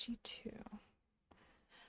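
A plastic model kit part is handled and pressed toward its mating part while someone talks in a soft, whispery voice. Brief rustling and handling noises follow after a short quiet gap. The clip ends before the part goes home, and nothing has seated or clicked yet.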